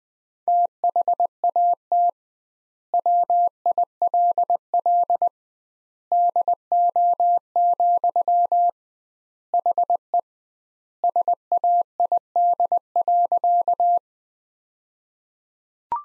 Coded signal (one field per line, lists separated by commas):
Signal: Morse code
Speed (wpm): 20 wpm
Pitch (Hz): 700 Hz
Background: none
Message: THAT WILL DO, HE SAID.